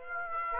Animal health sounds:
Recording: mosquito wingbeat signal from an infrared sensor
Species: Aedes aegypti

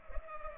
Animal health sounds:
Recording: mosquito wingbeat signal from an infrared sensor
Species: Culex pipiens

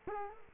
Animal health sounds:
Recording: mosquito wingbeat signal from an infrared sensor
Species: Culex quinquefasciatus

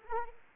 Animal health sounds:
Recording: mosquito wingbeat signal from an infrared sensor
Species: Anopheles arabiensis

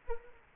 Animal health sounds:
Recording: mosquito wingbeat signal from an infrared sensor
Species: Culex quinquefasciatus

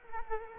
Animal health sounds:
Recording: mosquito wingbeat signal from an infrared sensor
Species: Culex quinquefasciatus

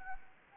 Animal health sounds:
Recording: mosquito wingbeat signal from an infrared sensor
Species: Anopheles gambiae

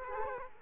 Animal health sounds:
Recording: mosquito wingbeat signal from an infrared sensor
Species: Culex quinquefasciatus

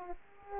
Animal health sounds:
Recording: mosquito wingbeat signal from an infrared sensor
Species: Aedes aegypti

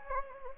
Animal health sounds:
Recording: mosquito wingbeat signal from an infrared sensor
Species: Anopheles gambiae

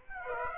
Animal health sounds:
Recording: mosquito wingbeat signal from an infrared sensor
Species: Aedes aegypti

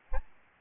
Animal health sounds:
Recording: mosquito wingbeat signal from an infrared sensor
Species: Aedes albopictus

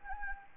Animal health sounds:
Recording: mosquito wingbeat signal from an infrared sensor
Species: Anopheles arabiensis

